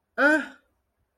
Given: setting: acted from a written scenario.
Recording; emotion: vocal sound without words; disgust